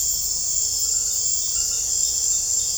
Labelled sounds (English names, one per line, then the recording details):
none
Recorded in secondary vegetation near Puerto Asís, Putumayo, Colombia, on 21 December 2024 at 19:30
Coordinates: 0.498, -76.327
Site GP07